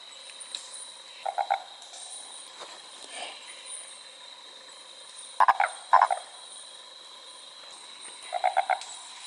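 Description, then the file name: Fleay's barred frog calling in short bursts of several rapid pulsed notes, repeated several times, over a steady high background hum. "mixophyes fleayi"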